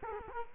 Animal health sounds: mosquito wingbeat signal from an infrared sensor; Culex quinquefasciatus

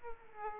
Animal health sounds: mosquito wingbeat signal from an infrared sensor; Aedes aegypti

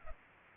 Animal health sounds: mosquito wingbeat signal from an infrared sensor; Culex pipiens

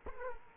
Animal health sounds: mosquito wingbeat signal from an infrared sensor; Culex quinquefasciatus

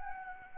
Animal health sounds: mosquito wingbeat signal from an infrared sensor; Anopheles arabiensis

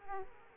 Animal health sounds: mosquito wingbeat signal from an infrared sensor; Aedes aegypti

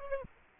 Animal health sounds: mosquito wingbeat signal from an infrared sensor; Aedes aegypti

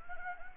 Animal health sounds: mosquito wingbeat signal from an infrared sensor; Anopheles gambiae

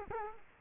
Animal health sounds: mosquito wingbeat signal from an infrared sensor; Culex quinquefasciatus

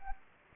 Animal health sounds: mosquito wingbeat signal from an infrared sensor; Anopheles gambiae

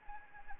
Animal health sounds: mosquito wingbeat signal from an infrared sensor; Anopheles arabiensis

